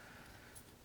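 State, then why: Not seated. A fuse holder carrying a special knobbed fuse, set with the knob facing the right way, is handled on its way back into an irrigation main control panel. Only faint, steady low-level handling noise is heard, with a slight rise near 0.6 s. Nothing has seated or clicked yet.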